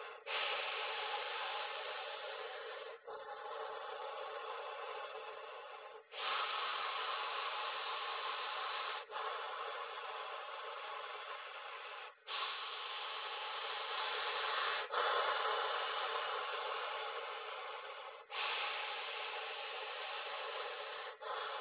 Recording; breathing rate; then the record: paced breathing near a phone; 10 breaths a minute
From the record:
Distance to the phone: 20 cm